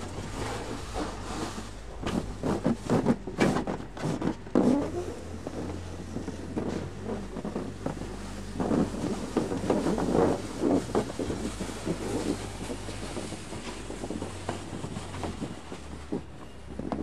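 Snow being cleared, with irregular scraping and thudding bursts that cluster around the third to fifth seconds and again near ten seconds, then continue more sparsely. A steady low hum and a rough windy rush run underneath throughout.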